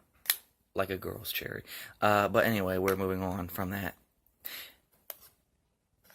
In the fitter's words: you'll hear it pop like